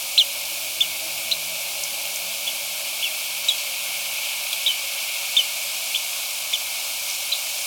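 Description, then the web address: Spot-billed ground-tyrant giving thin, high, very short notes, repeated roughly every half second against a steady hiss. Recorded in Ecuador. "Natures Songs S America Birds of Ecuador 3 Spot-Billed Ground-Tyrant"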